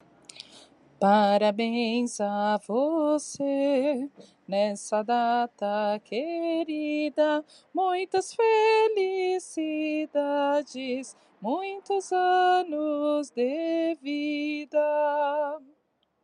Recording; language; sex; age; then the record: short text; Brazilian Portuguese; female; 30 to 39 years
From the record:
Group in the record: control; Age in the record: 34 years